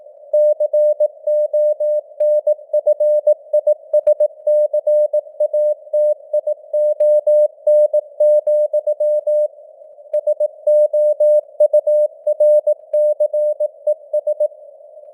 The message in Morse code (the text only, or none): CONFISCATION, SOURCES